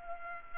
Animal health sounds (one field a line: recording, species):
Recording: mosquito wingbeat signal from an infrared sensor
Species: Culex pipiens